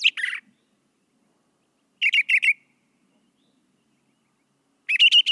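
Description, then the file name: Brown thrasher song: short bursts of a few quick repeated notes separated by over a second of silence, each burst differing from the last. "suara kicauan brown thrasher. omkicau"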